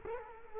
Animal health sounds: mosquito wingbeat signal from an infrared sensor; Culex quinquefasciatus

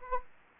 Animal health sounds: mosquito wingbeat signal from an infrared sensor; Anopheles arabiensis

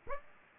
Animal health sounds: mosquito wingbeat signal from an infrared sensor; Aedes aegypti

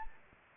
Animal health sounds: mosquito wingbeat signal from an infrared sensor; Anopheles arabiensis

